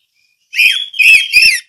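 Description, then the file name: Orange-headed thrush song: three short whistled phrases with warbled, slightly buzzy overtones in quick succession. Ngeplong song style. "anis merah ngeplong"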